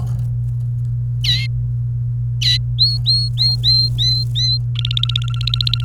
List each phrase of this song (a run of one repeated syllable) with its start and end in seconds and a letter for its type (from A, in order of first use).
1.24-1.47 A, 2.41-2.57 A, 2.79-4.58 B, 4.75-5.84 C